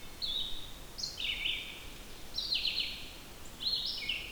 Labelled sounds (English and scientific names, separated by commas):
Red-eyed Vireo (Vireo olivaceus) song